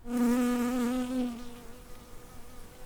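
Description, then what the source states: Bumblebee buzzing: a loud low hum that wobbles slightly, then fades after about a second and a half into a faint drone. Bumblebee in Vennivaara, Rovaniemi, on a sunny, warm July evening with heather in bloom, recorded 2021-2022; bumblebees large, carrying pollen loads.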